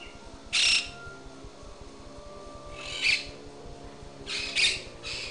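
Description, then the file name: Bird squawks: several harsh, raspy bursts over a faint steady hum. "bird 4-Ben"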